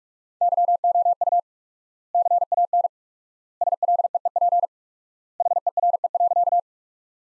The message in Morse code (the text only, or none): YOU CAN SLEEP HERE.